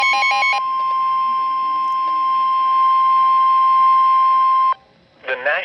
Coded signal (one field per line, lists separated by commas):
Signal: Emergency Alert System (SAME) tones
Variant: 1050 Hz attention tone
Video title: (EAS #78) severe thunderstorm warning. 8/14/24. ￼